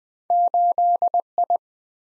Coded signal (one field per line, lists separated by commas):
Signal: Morse code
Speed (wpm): 20 wpm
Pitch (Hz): 700 Hz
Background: none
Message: 8I